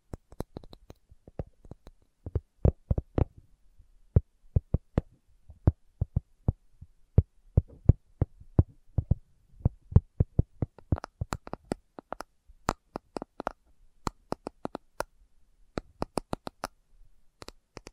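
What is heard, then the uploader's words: Slow tapping, made of sharp, separate knocks with silence between them. The taps come unevenly, roughly one or two per second, some single and some in quick pairs, and later ones sound brighter and crisper. Nothing else is heard behind them. ASMR Slow Tapping for Deep Sleep (No Talking).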